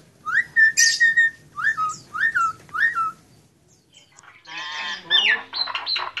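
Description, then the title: Nias hill myna giving four loud, clear whistles that rise and then fall. After a short pause come harsh, buzzy chattering notes. Loud, persistently singing bird whose song is used as masteran, a model for training other songbirds. "Burung Jalak Nias Gacor Suara Super Gledek Untuk Masteran"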